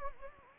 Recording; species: mosquito wingbeat signal from an infrared sensor; Anopheles gambiae